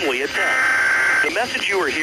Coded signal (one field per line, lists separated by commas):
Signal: Emergency Alert System (SAME) tones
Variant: header bursts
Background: speech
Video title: EAS - National EAS Test Nov 9, 2011